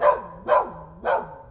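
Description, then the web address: Dog barking three times, short harsh barks spaced about half a second apart, each with a brief tail. "best service Blue Box animals dog"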